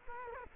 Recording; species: mosquito wingbeat signal from an infrared sensor; Culex quinquefasciatus